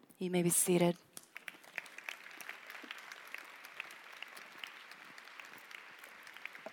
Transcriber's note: applause